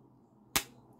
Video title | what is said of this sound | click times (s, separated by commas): QSP Hedgehog : This One Might Not Be Spiny....But That Blade Makes A Point!! | and then shut kind of a thud more than that click but i tell you what | 0.6 s